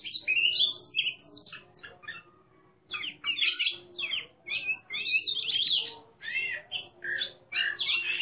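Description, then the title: Oriental magpie-robin song, a fast jumble of whistles, trills and harsh notes broken by a brief pause, with a low hum in the background. Competition bird described as a national champion, singing in the 'ngeplong' style, loud and in full song ('gacor'). "burung berkicau Kacer Ngeplong gacor Juara Nasional. burung Kacer"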